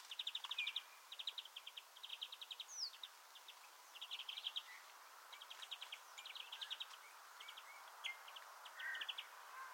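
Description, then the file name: European greenfinch giving quick trilled twitter bursts, repeated throughout, over a steady hiss of background noise. "Chloris chloris"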